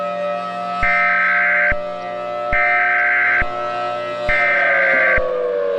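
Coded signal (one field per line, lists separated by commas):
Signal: Emergency Alert System (SAME) tones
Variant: header bursts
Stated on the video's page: Fictional EAS scenario using valid tones.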